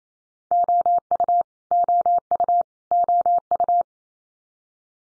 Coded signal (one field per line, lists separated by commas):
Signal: Morse code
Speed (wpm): 28 wpm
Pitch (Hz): 700 Hz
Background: none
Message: OU OU OU